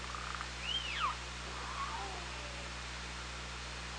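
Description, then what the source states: Killer whale call: a single arching whistle-like squeal that climbs and then drops steeply, followed by a fainter tone, amid constant hiss and hum. OrcaLab hydrophone, 24 August 2017 at 17:04:42.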